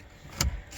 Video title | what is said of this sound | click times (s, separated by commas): Factory Radio Tele Aid Mute screen Fix, HOW TO BYPASS TELE AID | it just locks in place it's very simple you can use a gift card so | 0.4 s